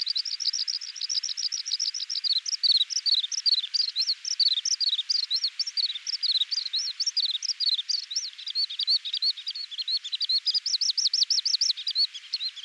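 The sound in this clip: Oriental skylark: an unbroken, rapid warbling stream of high chirps and slurred notes.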